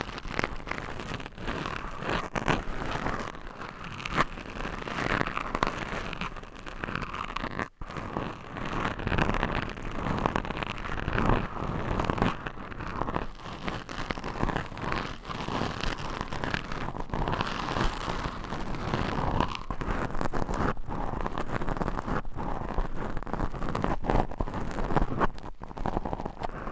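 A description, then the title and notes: Fingernails scratch over a microphone in a dense, unbroken scraping that fills the whole clip from low rumble to bright hiss. The strokes come fast and uneven, with brief dips, a sharp cut just before the eight-second mark, and no voice. ASMR Mic Scratching - Brain Scratching Hypnotic Asmr No Talking for Sleep with Long Nails.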